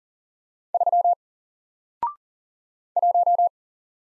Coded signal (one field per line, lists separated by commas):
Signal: Morse code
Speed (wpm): 40 wpm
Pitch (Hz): 700 Hz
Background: none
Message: 3 1